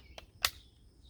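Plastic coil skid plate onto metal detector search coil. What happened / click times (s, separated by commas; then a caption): The plastic cover snapped into place / 0.4 s. A plastic skid plate is refitted over the search coil of a Minelab Equinox 800/600 metal detector by working its edges around until it snaps on. A faint tick at 0.2 s is followed by a sharp, bright snap at 0.5 s as the cover seats in place.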